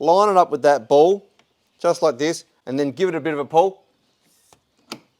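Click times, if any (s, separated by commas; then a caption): 4.9 s. Someone talks, then pulls the lower end of a new bonnet gas strut on an Audi A3 onto the body ball stud after lining it up, with no clips released. A faint tick at 4.5 s is followed by a sharp click at 4.9 s as the ball socket clip snaps over the ball and seats.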